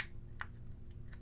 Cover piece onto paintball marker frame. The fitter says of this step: until it kind of pops into place